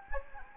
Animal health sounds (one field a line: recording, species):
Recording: mosquito wingbeat signal from an infrared sensor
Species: Anopheles gambiae